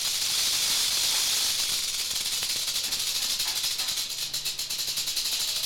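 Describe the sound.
Rattlesnake rattling, a continuous dry buzz that breaks into distinct rapid pulses toward the end.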